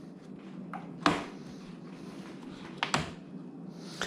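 Small plastic retaining clips are pressed one after another into a Hobie Compass paddle and push pole holder on a kayak. Two sharp clicks at 1.1 s and 2.8 s show the clips snapping in, with a few fainter knocks around them. Both clips are seated.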